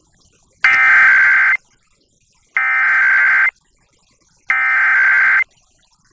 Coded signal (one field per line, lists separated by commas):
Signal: Emergency Alert System (SAME) tones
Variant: header bursts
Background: speech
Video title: Florida Monthly Test on WXXL (8/20/2024) (EAS #143)